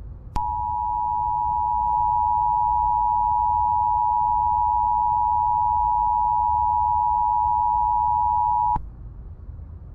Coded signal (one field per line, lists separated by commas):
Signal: Emergency Alert System (SAME) tones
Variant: 853 and 960 Hz attention tone